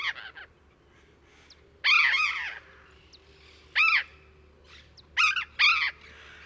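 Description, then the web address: Burrowing parrot harsh squawks, single and paired, spaced irregularly with quiet gaps between them. "parrots cyanoliseus-patagonus"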